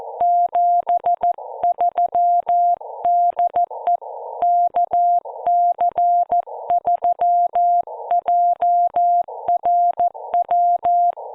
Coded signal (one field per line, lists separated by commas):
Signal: Morse code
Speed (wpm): 14 wpm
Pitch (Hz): 700 Hz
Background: music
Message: 73 DE KC3JRW